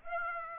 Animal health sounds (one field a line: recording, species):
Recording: mosquito wingbeat signal from an infrared sensor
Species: Aedes aegypti